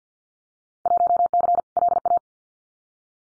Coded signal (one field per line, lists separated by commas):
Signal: Morse code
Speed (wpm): 50 wpm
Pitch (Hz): 700 Hz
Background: none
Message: 1C LA